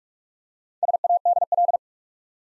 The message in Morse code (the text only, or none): SADL